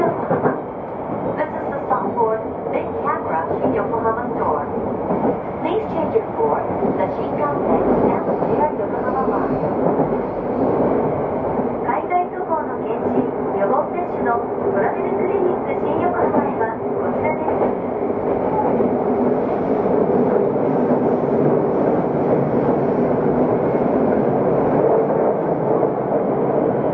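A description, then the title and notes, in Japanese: A Yokohama Municipal Subway 3000V train runs on the line between Shonandai and Azamino, giving a steady, dense rumble that stays level and grows slightly louder in the last few seconds. Frequent quick rattles and clicks sit over the roar, with faint voices mixed in. 横浜市営地下鉄3000V形 湘南台ーあざみ野。普通運用を録音しました。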